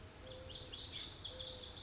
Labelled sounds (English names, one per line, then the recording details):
Lazuli Bunting
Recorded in Sonoma County, California